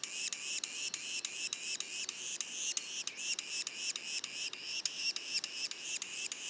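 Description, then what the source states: Yellow-bellied sapsucker juveniles giving continuous high mewing notes, rising slightly, about three per second. Juveniles, Mont-Orford National Park, Quebec, Canada; mono recording.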